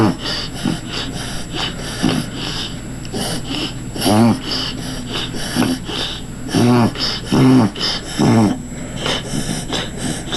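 A run of harsh, honking snorts on sharp inward pulls through the nose, about four louder bursts in the second half over a noisy background. This is reverse sneezing in a dog: the mouth is closed and air is sucked in through the nose, most commonly from irritation of the soft palate in the throat.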